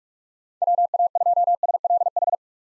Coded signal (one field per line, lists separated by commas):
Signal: Morse code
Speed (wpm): 46 wpm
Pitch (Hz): 700 Hz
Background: none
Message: WA2SLH